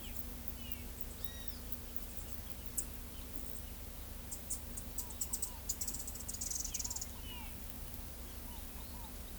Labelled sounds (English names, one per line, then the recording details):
Olive-grey Saltator
Great Kiskadee
Tropical Kingbird
Scaled Dove
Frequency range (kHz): Olive-grey Saltator 1.9-3.6 kHz; Great Kiskadee 0.9-6.1 kHz; Scaled Dove 0.6-1.3 kHz
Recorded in pastures near Pivijay, Magdalena, Colombia, on 3 June 2023 at 11:00
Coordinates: 10.456, -74.369
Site P6-G026